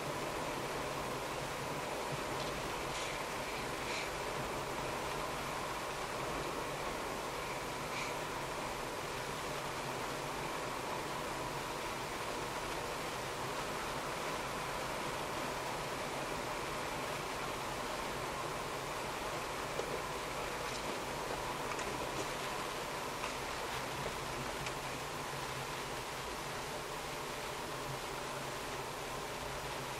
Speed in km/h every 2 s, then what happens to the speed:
52, 51, 51, 50, 50, 50, 51, 52, 53, 52, 51, 48, 45, 43, 42.
0-19 steady at about 51. 19-30 slows to 42.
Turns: none.